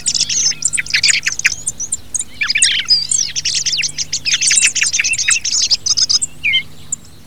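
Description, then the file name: Thrush singing a rapid jumble of sharp chirps and twittering phrases, with brief gaps and a quiet low hum in the background. Filtered. "TORDO"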